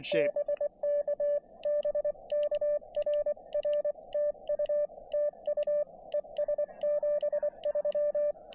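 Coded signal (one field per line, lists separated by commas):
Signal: Morse code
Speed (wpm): 23 wpm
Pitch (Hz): 590 Hz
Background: speech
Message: BK BK RR TU TU ES 73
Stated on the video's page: Quick Parks on the Air activation from a state forest fire tower, with bands in good shape.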